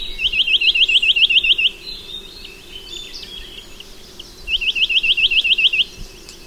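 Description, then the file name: Chinese nuthatch delivering two long, even trills of many sharp, high hooked notes, with a quiet pause between them. "Mathias Ritschard - Kosmatyj popolzen Sitta villosa"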